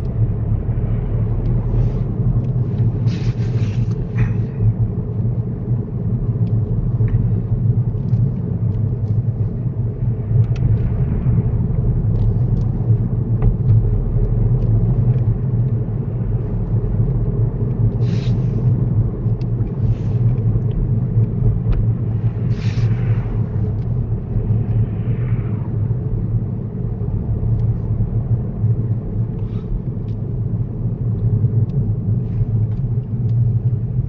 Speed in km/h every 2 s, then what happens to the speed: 37, 32, 31, 29, 31, 32, 35, 37, 39, 34, 29, 32, 32, 32, 27, 18, 13.
0-5 slows to 29. 5-15 speeds up to 39. 15-20 slows to 29. 20-26 steady at about 32. 26-34 slows to 13.